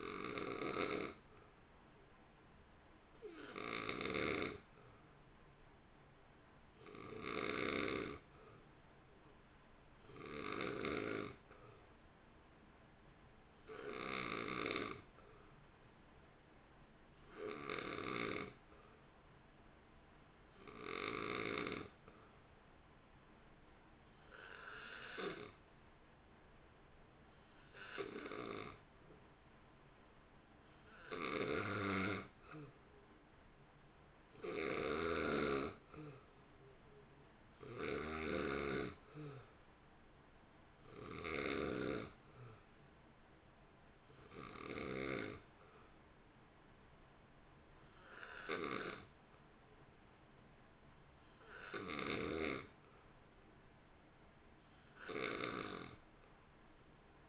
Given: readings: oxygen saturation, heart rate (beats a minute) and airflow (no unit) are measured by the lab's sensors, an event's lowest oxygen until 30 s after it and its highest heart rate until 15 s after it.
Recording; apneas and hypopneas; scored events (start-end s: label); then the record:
breathing in sleep by a voice recorder at the bedside; 1
20.00-32.40 s: hypopnea (N2, oxygen 90% highest, then 87% lowest, heart rate 57 at the start, 59 highest)
From the record:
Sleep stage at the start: N2 (light sleep); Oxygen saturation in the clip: 87 to 90%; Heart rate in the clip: 55 to 59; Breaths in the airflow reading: 21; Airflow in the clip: -1.7 to 1.3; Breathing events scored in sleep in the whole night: 328 in 6.3 hours asleep